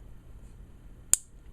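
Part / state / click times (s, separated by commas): lock bar of a folding knife engaging the blade tang / seated / 1.1 s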